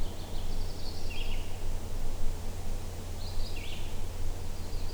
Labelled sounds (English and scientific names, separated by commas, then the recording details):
Red-eyed Vireo (Vireo olivaceus) song
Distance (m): 60 m
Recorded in boreal forest in Alberta, Canada, on 21 June 2016 at 08:58
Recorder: SongMeter 3, array SBT-6-76
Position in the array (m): 190 m, 83 m